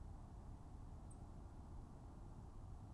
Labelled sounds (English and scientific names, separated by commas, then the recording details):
Song Thrush (Turdus philomelos)
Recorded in Germany
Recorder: ecoPi